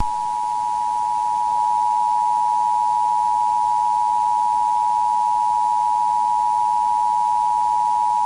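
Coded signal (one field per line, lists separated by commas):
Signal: Emergency Alert System (SAME) tones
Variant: 853 and 960 Hz attention tone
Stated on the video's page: Real Arizona EAS alert, not a test.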